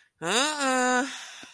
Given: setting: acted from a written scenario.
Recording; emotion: vocal sound without words; embarrassment